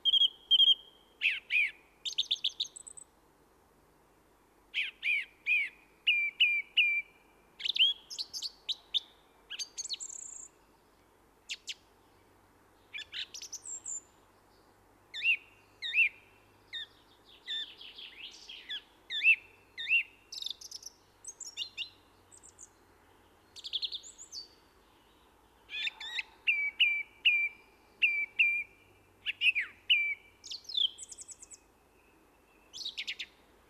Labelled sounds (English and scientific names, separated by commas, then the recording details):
Song Thrush (Turdus philomelos) song
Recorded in the wild
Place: Michelstadt, OT Vielbrunn, Hessen, DE
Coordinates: 49.7139, 9.09778
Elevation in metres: 432
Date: 1976-03-30
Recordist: Tretzel, Erwin